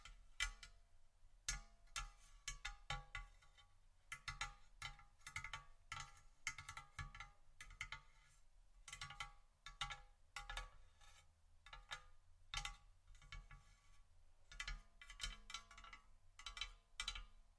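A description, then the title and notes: Fingers tap and scratch on a table surface in quick, irregular bursts, with sharp bright clicks clustered every second or so and brief gaps between groups. A low rumble and thuddy knocks sit underneath throughout, while softer scraping fills some of the spaces. ASMR Tap & Scratch On Table Surfaces （No Talking）.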